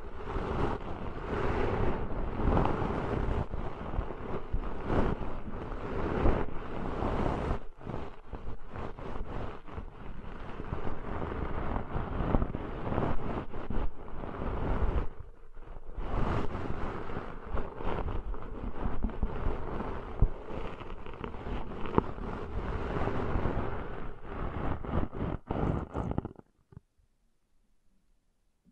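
Deep ear cleaning sounds: a dense, continuous rustling and scraping that fills the ear, heavy in the low end with a rough, windy texture. It stays busy and fairly steady, with a brief dip near fifteen seconds, then cuts off abruptly around twenty-six seconds into near silence.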